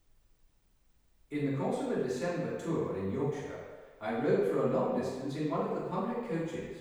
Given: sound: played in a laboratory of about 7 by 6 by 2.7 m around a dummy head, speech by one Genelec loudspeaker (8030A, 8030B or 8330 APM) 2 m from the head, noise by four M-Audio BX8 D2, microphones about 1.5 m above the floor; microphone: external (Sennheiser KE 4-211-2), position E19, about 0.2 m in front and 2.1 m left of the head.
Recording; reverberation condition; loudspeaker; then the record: male speech in English; high; 90 degrees to the right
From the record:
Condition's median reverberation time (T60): about 1300 ms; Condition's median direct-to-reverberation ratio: about -4.0 dB